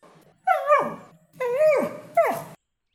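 A dog gives three whining, yelping barks, each one sliding downward in pitch, separated by brief pauses, with no talking.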